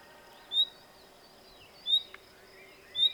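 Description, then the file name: Common nightingale calls: three short, clear high whistles at about one-second intervals, with faint background bird notes and steady low hiss. "Luscinia megarhynchos"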